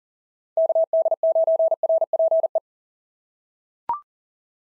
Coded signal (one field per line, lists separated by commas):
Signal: Morse code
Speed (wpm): 40 wpm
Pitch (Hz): 650 Hz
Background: none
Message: KD9RPE